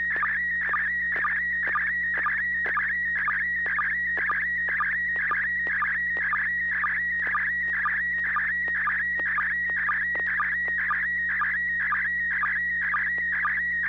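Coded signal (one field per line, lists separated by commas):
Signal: SSTV (slow-scan television)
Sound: warbling, scanning tone with steady rhythmic ticks about twice a second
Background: low hum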